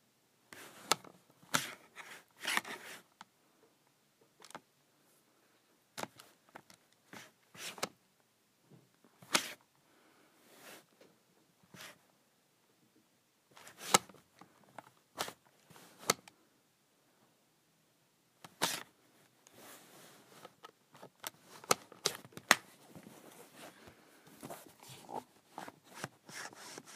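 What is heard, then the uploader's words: A calculator cover slides and clicks in short bursts of sharp scrapes and snaps, with quiet gaps between, busiest near the end. Sliding my Calculator Cover.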